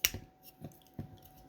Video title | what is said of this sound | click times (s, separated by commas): Transformers War for Cybertron Studio Series Barricade | and once you hear it click you've unfolded enough to attach it so | 0.1 s